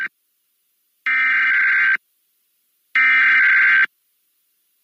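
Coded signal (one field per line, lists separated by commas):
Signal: Emergency Alert System (SAME) tones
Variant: header bursts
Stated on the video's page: High Wind Warning for Alaska on NOAA Weather Radio.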